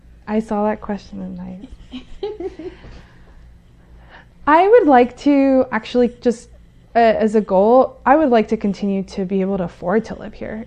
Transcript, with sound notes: I saw that question last night. [Laughs] I would like to actually, just as a goal, I would like to continue to be able to afford to live here.